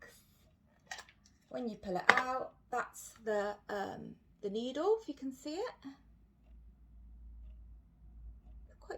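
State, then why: Seated. A glucose sensor pack is lined up by its marks with a plastic applicator and pushed in until it clicks. A sharp click sounds at 0.9 s as the pack seats into the applicator, and then someone talks.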